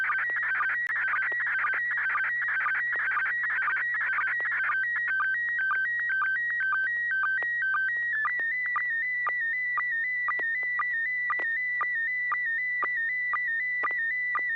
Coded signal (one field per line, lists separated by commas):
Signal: SSTV (slow-scan television)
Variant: PD 120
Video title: N6NA SSTV Net - 03/18/2026